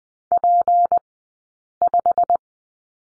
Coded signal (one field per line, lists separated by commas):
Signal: Morse code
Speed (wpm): 20 wpm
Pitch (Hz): 700 Hz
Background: none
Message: P5